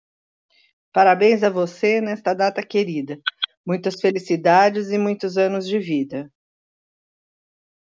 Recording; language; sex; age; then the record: short text; Brazilian Portuguese; female; 60 to 69 years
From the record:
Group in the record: control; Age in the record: 60 years